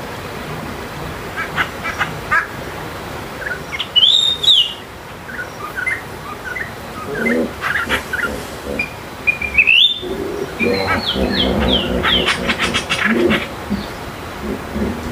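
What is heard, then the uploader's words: Birds call over a steady low hiss near Simonga, Zambia. Bright rising whistles cut through around four and ten seconds, with scattered chirps in between, and a denser stretch of overlapping calls and chatter fills the last few seconds. Morning on the Zambezi River. Recorded near Simonga, Zambia.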